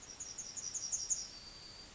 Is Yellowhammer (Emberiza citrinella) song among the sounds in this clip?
yes